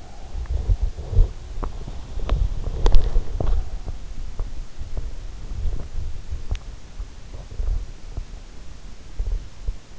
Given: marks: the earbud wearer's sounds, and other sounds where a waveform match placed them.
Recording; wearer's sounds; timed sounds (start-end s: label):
sounds in sleep by an in-ear microphone; body movement
0.00-9.56 s: body movement